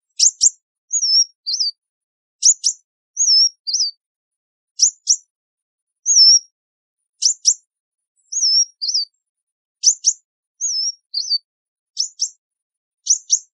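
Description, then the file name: Sunbird calling steadily: high double chips and short wavering whistles alternate in quick phrases throughout. "Tieng chim hut mat"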